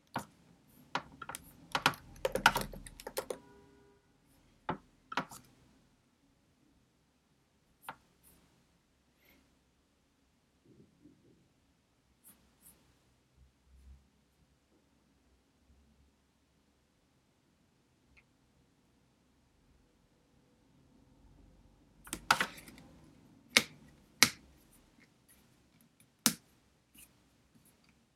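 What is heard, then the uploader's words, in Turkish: Studying with pencil and computer: bursts of keyboard tapping and sharp clicks early and again near the end, with sparse taps between over a quiet low hum. Sessiz odada 30 dakika boyunca kurşun kalem ve bilgisayar ile ders çalışma; ortam sesleri, beyaz gürültü alt yapısı, kurşun kalem, klavye, mouse sesleri.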